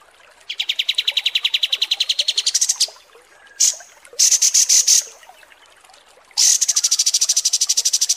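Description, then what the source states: Kapas tembak bird song: long rattling trills of rapid high notes, broken by short sharp bursts and brief pauses. Masteran (tutor song) for training cage birds, described as mewah (luxurious).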